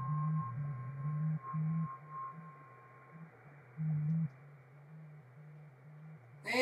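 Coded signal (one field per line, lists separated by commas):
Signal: JT65, JT9 or WSPR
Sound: low steady tone hopping slowly between pitches, then a brief harsh noise burst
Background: radio static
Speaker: so if we move up the band a little bit to uh uh seven six here we are at the jt65 signals and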